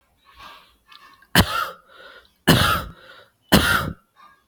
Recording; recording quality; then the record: heavy voluntary cough; excellent, no background noise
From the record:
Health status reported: COVID-19 positive, moderate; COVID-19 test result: positive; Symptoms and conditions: breathing difficulty, fever, fatigue, muscle pain, loss of smell and taste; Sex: male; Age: 27 years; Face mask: not worn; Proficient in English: yes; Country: India